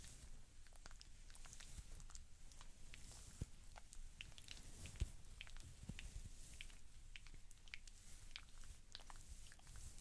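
Real hair cutting with layered sounds: a dense run of quick, crisp snips and rustles, irregular and several per second, with bright hissy detail on top. A low rumble runs underneath throughout, and one sharper snap stands out around the five-second mark.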